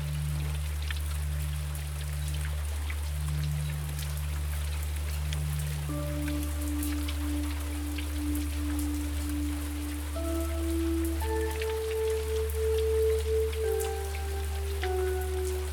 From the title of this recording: Rain Falling and a Few Gentle Notes